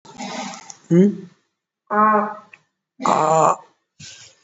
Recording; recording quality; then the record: sustained vowel as in made; moderate, slight background noise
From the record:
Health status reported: COVID-19 positive, mild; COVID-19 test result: positive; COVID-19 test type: RT-PCR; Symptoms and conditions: cough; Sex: male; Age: 33 years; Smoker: no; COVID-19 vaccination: one dose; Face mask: not worn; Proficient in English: yes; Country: India